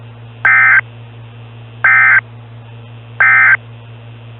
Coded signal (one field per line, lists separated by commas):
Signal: Emergency Alert System (SAME) tones